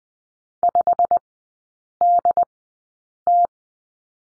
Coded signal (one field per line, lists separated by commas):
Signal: Morse code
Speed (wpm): 20 wpm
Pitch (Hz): 700 Hz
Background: none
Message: 5DT